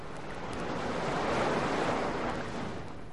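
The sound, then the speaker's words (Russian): Steady rush of sea surf, a broad hissing wash of breaking waves that swells slightly in the middle and then eases, with a faint windy rumble underneath and no voices. “Вот оно море.”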